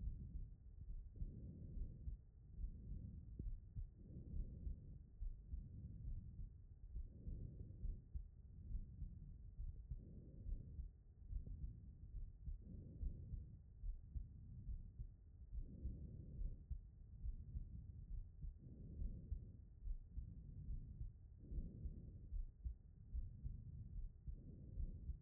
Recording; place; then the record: heart sounds by stethoscope; aortic valve (AV)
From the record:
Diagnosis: non-HFrEF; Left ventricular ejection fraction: 73%